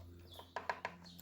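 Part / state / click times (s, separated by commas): manual release slot latching into the gate motor housing / seated / 0.7 s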